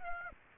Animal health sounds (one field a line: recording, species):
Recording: mosquito wingbeat signal from an infrared sensor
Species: Aedes aegypti